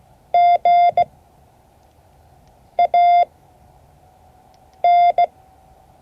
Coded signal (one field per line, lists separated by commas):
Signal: Morse code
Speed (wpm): 17 wpm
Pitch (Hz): 700 Hz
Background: none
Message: G A N